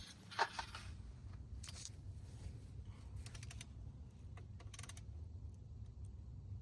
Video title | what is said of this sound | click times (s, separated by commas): 2003-2011 Ford Crown Victoria Belt, Idler Pulley & Tensioner Replacement - Step-by-Step | All right. Y'all hear that click? | 5.0 s